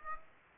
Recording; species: mosquito wingbeat signal from an infrared sensor; Aedes aegypti